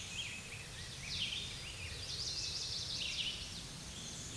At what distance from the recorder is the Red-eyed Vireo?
about 35 m